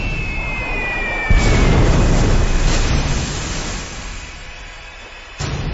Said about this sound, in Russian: Одиночный выстрел, но наводка точная, прямо в упор, по винтам. Наш катер отходил вторым и прикрывающим.